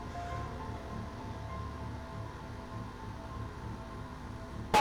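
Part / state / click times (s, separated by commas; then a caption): rear tire bead on wheel rim / not seated / none. A 305 tire's rear bead sits unseated on a widened wheel rim while more air is added after the first bead has already popped into place. A steady low rumble with faint tonal lines runs throughout, then a sudden loud broadband burst hits at about 4.8 s right as the clip ends. Nothing has seated yet.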